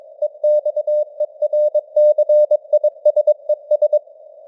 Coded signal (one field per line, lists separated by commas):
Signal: Morse code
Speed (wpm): 22 wpm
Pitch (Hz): 600 Hz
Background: none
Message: EXERCISES